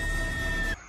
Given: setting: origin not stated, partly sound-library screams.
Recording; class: one-second piece from a danger detection set; woman in danger